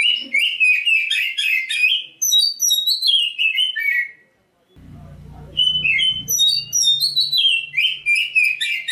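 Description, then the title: Oriental magpie-robin song, rich varied phrases of sweet whistles and chirps, a brief pause midway with a low hum, then loud singing resumes. Black-breasted form of the magpie-robin. "Kacer dada hitam"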